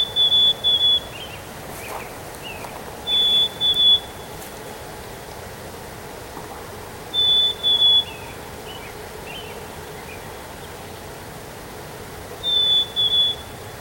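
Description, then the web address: Bird song: paired high, level whistles repeated roughly every three to five seconds, with faint short chirps after each, over quiet steady background noise. 3 May 2023. "gemlog starlog audio bird song 20230503"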